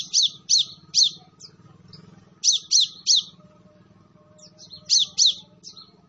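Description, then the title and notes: Sunbird song: clusters of two or three sharp, high, downslurred chirps, repeated in bursts, with other short high notes between over a low steady hum. Vigorously singing Kolibri Ninja, used as a tutor for training other birds, full of fill-in phrases and 'tembakan' bursts, meant as a lure. "MASTERAN KOLIBRI NINJA TERBAIK FULL ISIAN DAN TEMBAKAN MEWAH COCOK BUAT PANCINGAN. Suara Burung Kolibri Ninja Gacor"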